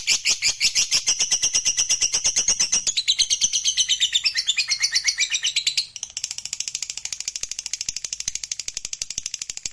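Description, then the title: Lovebird chattering song: loud fast shrill trilling for about six seconds, then a softer, steady rapid chatter continues to the end. Fighter-type lovebird, gacor (singing energetically). "Berkat SUARA Lovebird FIGHTER GACOR Ini"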